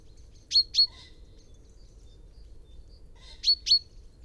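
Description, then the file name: Common chaffinch calling with crisp, ringing 'pink' notes in two pairs about three seconds apart; faint soft chirps in between. "Fringilla coelebs"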